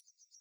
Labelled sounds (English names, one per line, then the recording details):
Yellowhammer song
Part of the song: start
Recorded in the Czech Republic on 26 June 2014
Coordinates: 49.856, 13.953
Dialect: BhBl
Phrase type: C56
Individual h022